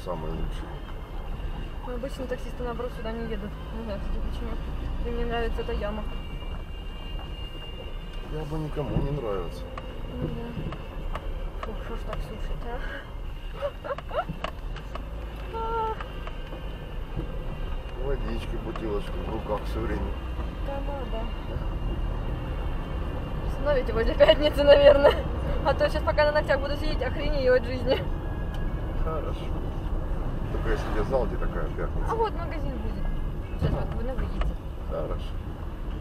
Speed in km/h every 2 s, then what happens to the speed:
14, 9, 8, 9, 6, 6, 7, 8, 4, 7, 13, 18, 25, 26, 25, 19, 18, 14.
0-3 slows to 8. 3-17 steady at about 7. 17-25 speeds up to 26. 25-36 slows to 14.